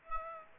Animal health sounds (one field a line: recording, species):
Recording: mosquito wingbeat signal from an infrared sensor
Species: Aedes aegypti